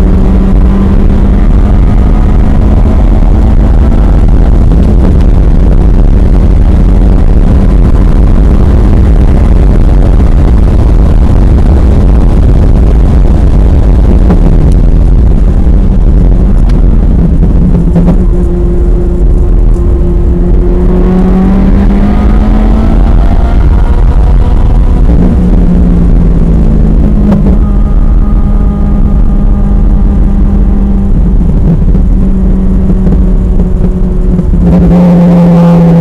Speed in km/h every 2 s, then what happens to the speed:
145, 156, 158, 164, 174, 179, 169, 126, 100, 95, 114, 132, 129, 111, 109, 103, 100, 92.
0-10 speeds up to 179. 10-17 brakes to 95. 17-23 speeds up to 132. 23-36 slows to 92.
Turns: 25-32.